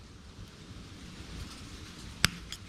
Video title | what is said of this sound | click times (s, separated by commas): What Are Deutsch Connectors?? All the Wiring Today! | snap it into place and then that's it that's all | 2.2 s